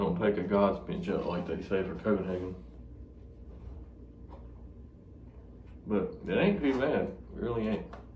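Someone talks while handling a tobacco can with a plastic snap lid, with a quieter stretch of faint handling noise between the speech. The lid is not yet pressed shut, and nothing has seated or clicked yet.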